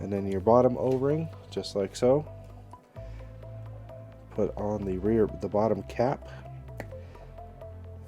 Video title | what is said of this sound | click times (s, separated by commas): Traxxas TRX4M shock upgrade install Trx 9763 blue shock body | just snaps into place make sure it's all | 6.8 s